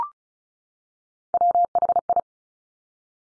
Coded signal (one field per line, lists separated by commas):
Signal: Morse code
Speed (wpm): 36 wpm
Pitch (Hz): 700 Hz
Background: none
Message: WHI